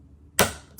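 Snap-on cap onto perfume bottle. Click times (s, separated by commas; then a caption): 0.4 s. A snap-on cap is pressed onto a Skylar Lime Sands perfume bottle (lime, coconut and sea salt) and gives a sharp click at 0.4 s that rings down over the next few tenths of a second, followed by a faint short tap near 0.8 s. The cap clicks right into place and is seated.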